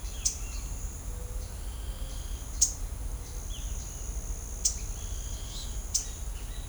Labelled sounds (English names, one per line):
Great Kiskadee
Ochre-lored Flatbill